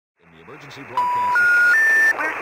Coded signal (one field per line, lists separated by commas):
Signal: telephone call progress tone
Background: speech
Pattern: special information tone